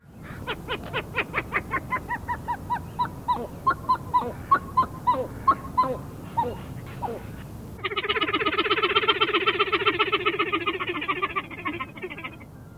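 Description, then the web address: Pied-billed grebe calling: a long run of hollow, clucking notes, about three per second, followed by a sustained, nasal, wavering wail. "Thumbs Plus Zoo Field Guide"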